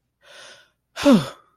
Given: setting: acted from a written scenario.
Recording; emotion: vocal sound without words; relief